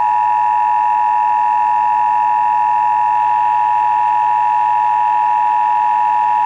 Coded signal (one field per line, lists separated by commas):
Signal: Emergency Alert System (SAME) tones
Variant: 853 and 960 Hz attention tone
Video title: George Droyd critical failure. 11.09.1986. EAS Broadcast.